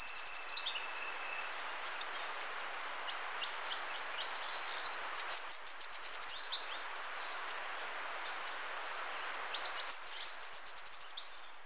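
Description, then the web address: Red-faced spinetail delivering three high, rapid trills, each a fast run of sharp notes that slides slightly downward, spaced about five seconds apart, over steady background hiss. Ecuador. "Birds of Ecuador. Red-faced Spinetail"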